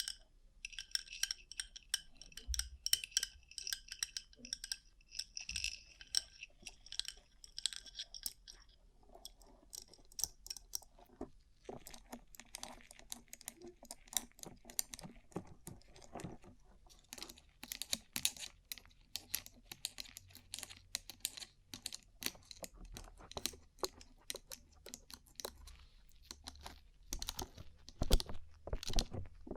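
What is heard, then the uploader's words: Fingertips or nails tap on a rhinestone-covered surface in quick, irregular clusters of crisp clicks, with a faint glassy clink. For the first eight seconds a steady bright hiss sits under the taps. After that the tapping becomes sparser and sharper, with occasional louder strikes near the end. ASMR Rhinestone Covered Tapping 3Dio (No Talking).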